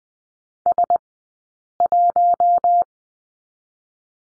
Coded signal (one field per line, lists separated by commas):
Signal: Morse code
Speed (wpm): 20 wpm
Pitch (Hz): 700 Hz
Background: none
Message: S 1